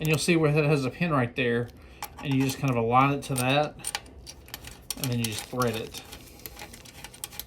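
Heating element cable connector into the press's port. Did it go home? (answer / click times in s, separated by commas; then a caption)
yes / 7.2 s. Someone talks while lining up the heating element's cable connector by its pin with the port on an Eenour CH2302 tumbler and hat press combo, then threading it on, with small handling ticks from about 4.3 s. The connector clicks home at 7.2 s and is seated securely so it won't come loose.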